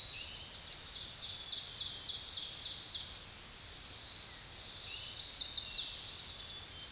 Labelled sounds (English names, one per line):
Ovenbird song